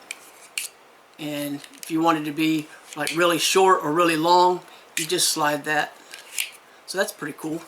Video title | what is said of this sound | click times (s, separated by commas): Men's Waterproof Cordless Hair Trimmer Set | the length you want, and it kind of clicks into place so it's not going to fall off. | 0.1 s, 0.6 s